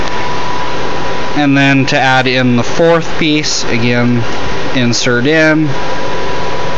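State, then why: Not seated. Someone talks while the fourth RAM stick is being lined up to insert into a server motherboard's DIMM slot, over a steady background hiss with a faint constant tone. The module has not clicked or seated into the slot yet, and the retention locks along its edge have not closed.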